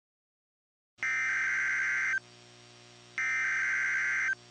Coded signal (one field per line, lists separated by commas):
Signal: Emergency Alert System (SAME) tones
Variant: header bursts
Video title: Lot8s & Weatherscan with EAS during Tornado Emergency - Nashville/Hendersonville, TN (12/9/23)